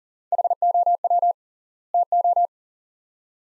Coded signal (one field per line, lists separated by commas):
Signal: Morse code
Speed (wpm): 40 wpm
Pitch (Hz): 700 Hz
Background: none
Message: HOW TO